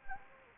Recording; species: mosquito wingbeat signal from an infrared sensor; Anopheles gambiae